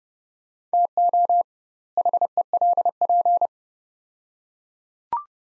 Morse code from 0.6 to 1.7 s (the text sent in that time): TO